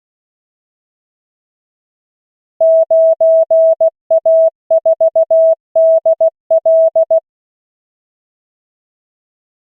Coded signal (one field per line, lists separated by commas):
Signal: Morse code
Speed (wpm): 16 wpm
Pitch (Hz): 650 Hz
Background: none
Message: 9A4DL